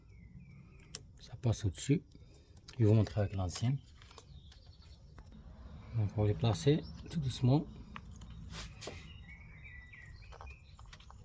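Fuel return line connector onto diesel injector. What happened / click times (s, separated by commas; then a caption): The connector is being handled and has not clipped home yet / none. A diesel fuel return line connector is being handled and placed gently over an Opel diesel injector while someone talks, with a few faint taps and clicks of handling between the speech. Nothing has seated or clicked yet.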